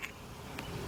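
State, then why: Not seated. The second rear brake caliper slide pin of a 2007 Chevy Tahoe is handled into its rubber boot on the caliper bracket. Two brief, sharp ticks sound at about 0.0 s and 0.6 s over a steady low background hum. The clip ends before the pin goes home, so nothing has seated or clicked yet.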